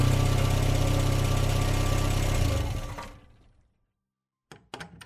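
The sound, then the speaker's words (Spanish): A car engine rumbles loudly and steadily, then winds down and cuts off into silence as the vehicle stops, followed by a couple of short, sharp clunks. “Juan de Dios escuchó el ruido del auto que se detenía.”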